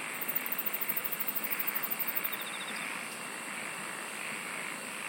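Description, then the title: Insects trilling: a very high, rapid pulsed trill runs for about two seconds at the start, above a constant shrill drone and a hissing background. "SINGING OF INSECTS"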